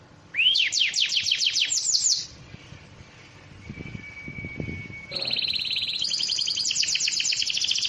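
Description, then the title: Bird song: a quick burst of swept notes, a lull with a thin steady whistle, then a sustained rapid buzzy trill. Complete compilation ('masteran') of bird songs. "Masteran burung terlengkap"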